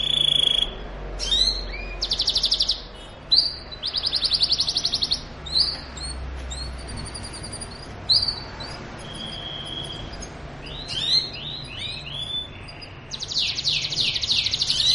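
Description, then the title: Belgian canary in full song: buzzy pulsed trills, a sustained pure whistle and clusters of sharp chirps, delivered in shifting phrases with brief gaps. Belgian canary song played to warm up and stimulate other canaries to sing; mating song. "Canto Para Esquentar Canário Belga. suara kenari kawin"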